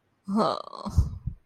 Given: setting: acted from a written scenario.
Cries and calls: vocal sound without words; guilt

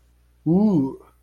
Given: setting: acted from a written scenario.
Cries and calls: vocal sound without words; fear

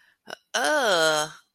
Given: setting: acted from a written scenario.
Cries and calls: vocal sound without words; disgust

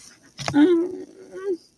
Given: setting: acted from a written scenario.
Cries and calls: vocal sound without words; embarrassment

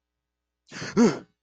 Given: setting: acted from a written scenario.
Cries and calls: vocal sound without words; negative surprise

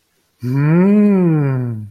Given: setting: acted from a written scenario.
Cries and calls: vocal sound without words; desire

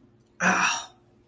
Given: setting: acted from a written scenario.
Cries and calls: vocal sound without words; pain

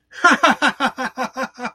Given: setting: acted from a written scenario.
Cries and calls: vocal sound without words; amusement

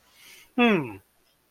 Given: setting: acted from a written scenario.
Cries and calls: vocal sound without words; interest

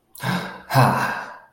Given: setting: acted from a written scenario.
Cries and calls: vocal sound without words; pride

